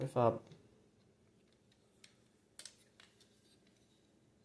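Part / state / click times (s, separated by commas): plastic tab into figure body slot / not seated / none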